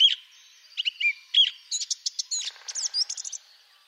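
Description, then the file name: Song thrush song: varied whistled notes around mid-high pitch, then a rapid run of sharp, scratchy chirping phrases, all loud and clear over faint background noise. "Grive musicienne"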